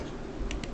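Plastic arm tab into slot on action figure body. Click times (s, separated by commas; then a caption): 0.5 s, 0.6 s. A plastic tab on the arm of a transforming robot action figure is pushed into a matching slot on the figure's back during its conversion. Two short plastic clicks are heard at 0.5 s and 0.6 s over low background noise. The tab seats and locks the arm into place.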